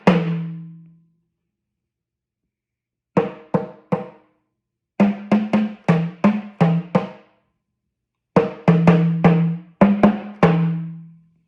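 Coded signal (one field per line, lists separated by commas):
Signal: talking drum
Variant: Yoruba sakara drum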